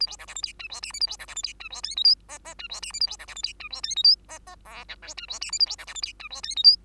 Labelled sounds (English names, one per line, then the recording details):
Bengalese Finch song
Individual Bird2